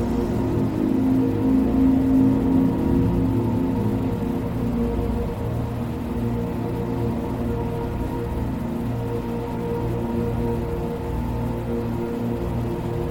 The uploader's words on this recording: The Ambient Spaceship Soundscape.